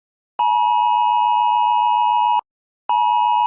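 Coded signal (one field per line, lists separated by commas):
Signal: Emergency Alert System (SAME) tones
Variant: 853 and 960 Hz attention tone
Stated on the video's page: Fictional EAS scenario built from borrowed sounds and videos.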